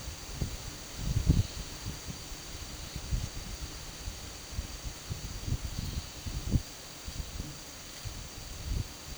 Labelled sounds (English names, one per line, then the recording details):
none
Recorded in pastures near Puerto Asís, Putumayo, Colombia, on 8 March 2025 at 13:30
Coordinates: 0.486, -76.323
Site G075